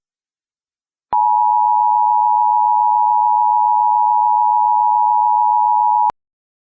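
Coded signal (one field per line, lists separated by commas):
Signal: Emergency Alert System (SAME) tones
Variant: 853 and 960 Hz attention tone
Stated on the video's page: Fictional EAS scenario, simulated alert.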